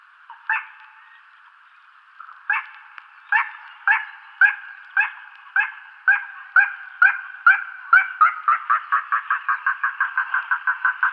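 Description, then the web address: Little crake display call: a series of yapping notes that speeds up steadily into a fast, stuttering run, starting slow and ending in a rapid rattle. Male giving a display call. "Schulze Peter Little Crake"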